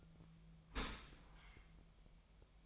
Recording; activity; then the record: daily activity, microphone in the room; open dishwasher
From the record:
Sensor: 1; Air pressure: 1004.7 hPa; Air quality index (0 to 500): 119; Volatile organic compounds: 4 ppm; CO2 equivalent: 1653 ppm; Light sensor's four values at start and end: 9/21/8/9 and 9/21/8/9